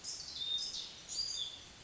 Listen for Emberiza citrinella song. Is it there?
no